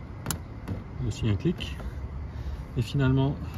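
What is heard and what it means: An electrical plug is pushed onto the fuel temperature sensor of a Td5 engine during a repair of its leaking fuel pressure regulator, and it clicks into place with a sharp snap at 0.3 s. A softer tap follows, and someone talks over low background noise. The connector is seated.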